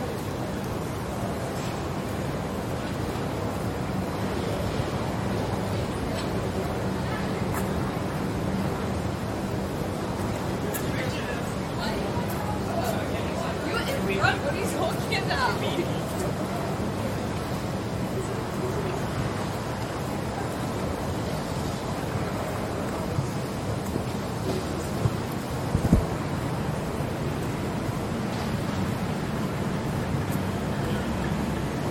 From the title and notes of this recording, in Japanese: George Street を Circular Quay から Townhall まで歩く。ビジネスマンが忙しく行き交うビジネス街を歩きながらいろんな音を楽しみます。TRAMの音 歩く人たちの声 歩行者用信号の音 工事の音。ステレオ音声。